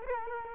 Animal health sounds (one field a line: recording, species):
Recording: mosquito wingbeat signal from an infrared sensor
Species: Culex quinquefasciatus